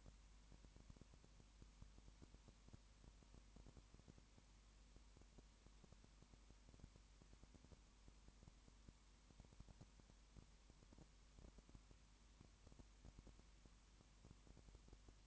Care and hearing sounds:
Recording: daily activity, microphone in the room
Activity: no activity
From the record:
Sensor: 1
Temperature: 19.7 degrees Celsius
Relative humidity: 40.5%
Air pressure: 1010.6 hPa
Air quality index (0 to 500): 209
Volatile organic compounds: 56 ppm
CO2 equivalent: 3372 ppm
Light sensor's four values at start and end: 1/2/1/1 and 1/2/1/1

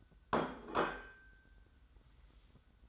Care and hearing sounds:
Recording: daily activity, microphone in the room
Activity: place plate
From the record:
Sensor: 3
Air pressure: 990.8 hPa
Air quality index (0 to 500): 145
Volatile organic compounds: 363 ppm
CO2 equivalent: 4607 ppm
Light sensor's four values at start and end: 38/91/37/35 and 38/91/37/35

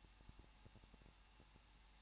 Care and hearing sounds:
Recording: daily activity, microphone in the room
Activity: no activity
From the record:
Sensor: 1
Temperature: 20.1 degrees Celsius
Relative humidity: 39.1%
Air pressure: 1006.5 hPa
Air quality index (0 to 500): 216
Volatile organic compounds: 72 ppm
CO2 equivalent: 3538 ppm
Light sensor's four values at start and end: 1/2/1/1 and 1/2/1/1

